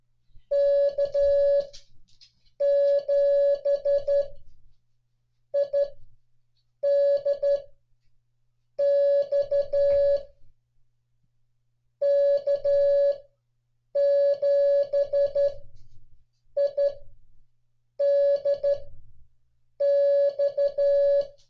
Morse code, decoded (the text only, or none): K7IDX K7IDX